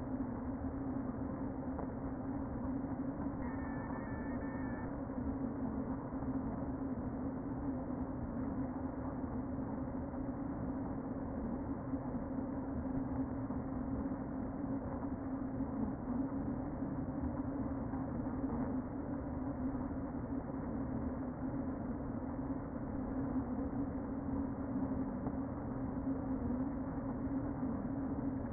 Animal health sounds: honeybee colony, microphone inside the hive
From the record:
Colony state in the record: queen present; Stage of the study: before two queens were removed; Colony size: about 60,000 bees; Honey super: yes

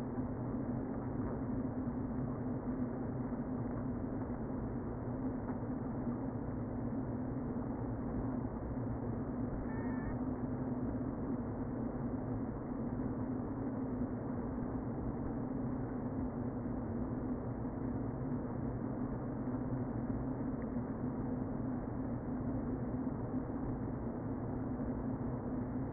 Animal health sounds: honeybee colony, microphone inside the hive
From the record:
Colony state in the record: queen present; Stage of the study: before two queens were removed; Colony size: about 60,000 bees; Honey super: yes

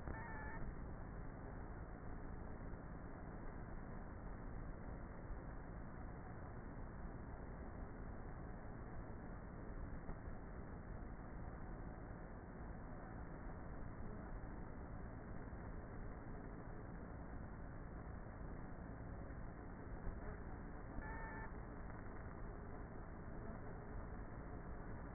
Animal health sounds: honeybee colony, microphone inside the hive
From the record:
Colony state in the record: queenless with a low population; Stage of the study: before two queens were removed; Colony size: about 30,000 bees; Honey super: no

